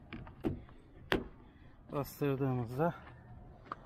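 The last plastic trim piece is pressed by hand into the inside of a car door until its clips engage. After a few soft taps and handling clicks, a loud, sharp snap at 1.1 s marks the piece seating in place. Someone then talks briefly.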